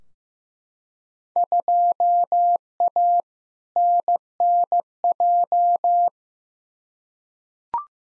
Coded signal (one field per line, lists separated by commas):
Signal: Morse code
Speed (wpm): 15 wpm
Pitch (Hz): 700 Hz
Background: none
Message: 2A NNJ